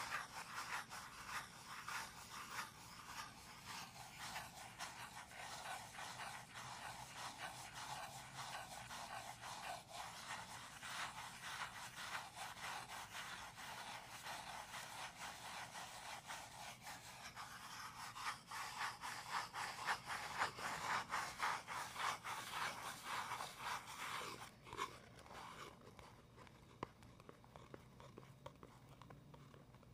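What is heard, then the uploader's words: Gentle scratching and soft tapping run continuously in quick, dense strokes, bright and crisp. The sound swells slightly louder around twenty seconds, then turns thinner and more sparse after about twenty-five seconds, with individual taps standing out more. ASMR medium gentle tapping and scratching. Sounds like: wooden toy memories, building blocks, books with puffy covers.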